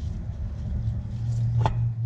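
A harmonic balancer is pushed onto the crankshaft of a GM 3800 engine and twisted until its keyway lines up, over a steady low rumble. A sharp, bright click at 1.7 s marks it locking into the crank keyway, and it is seated.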